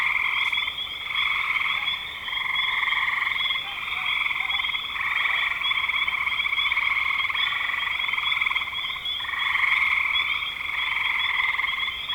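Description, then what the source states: Frogs trilling together in a thick, continuous chorus, loudness rising and falling in long waves with short gaps. Frogs recorded in spring 2025.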